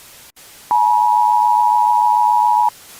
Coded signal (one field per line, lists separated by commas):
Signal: Emergency Alert System (SAME) tones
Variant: 853 and 960 Hz attention tone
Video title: EAS Scenario - Russian Desperation